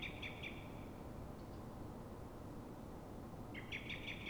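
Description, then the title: Common blackbird alarm: a quick chattering burst at the start and another near the end, each of several sharp notes, with constant low noise beneath. Dawn, Fuenlabrada, Madrid, Spain; same bird recorded twenty minutes after earlier calls, now frightened or threatened, probably by another blackbird; Zoom H1n recorder. "Pl. de Francisco Escolar, 10, 28944 Fuenlabrada, Madrid, España - Mirlo asustado"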